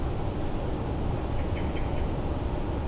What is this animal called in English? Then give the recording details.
Common Blackbird. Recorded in Germany. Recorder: ecoPi